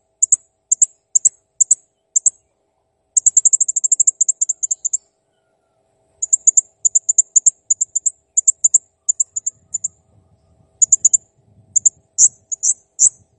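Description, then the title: Blue-crowned hanging parrot song: very high thin chips in quick pairs, a fast ticking trill, then more repeated chip series rising to louder squeaky notes. Cage-bird song used for training (masteran); described as clear and gacor (singing actively). "Masteran Burung Serindit Ll Masteran Serindit Gacor Jernih"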